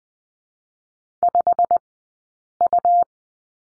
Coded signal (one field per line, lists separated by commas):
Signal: Morse code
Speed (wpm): 20 wpm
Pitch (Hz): 700 Hz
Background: none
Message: 5U